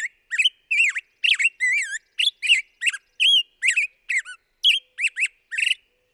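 Black-headed grosbeak song: a rapid run of rich, warbling whistled phrases, rising and falling notes in quick succession with brief gaps, no other sounds.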